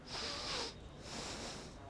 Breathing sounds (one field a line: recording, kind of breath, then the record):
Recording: one breath in and out by a microphone near the nose and mouth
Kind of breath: deep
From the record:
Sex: male